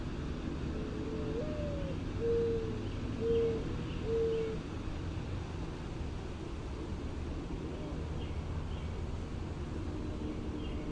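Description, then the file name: Mourning dove cooing: an upslurred opening note then three low, soft hoos about a second apart, followed by faint background sounds and a steady hum. "MODO coo whistlingflight"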